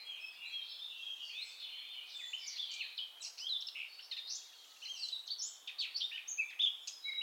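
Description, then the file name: Eurasian blackcap, a steady warble of chattering and twittering notes, carrying on throughout. "Sylvia atricapilla"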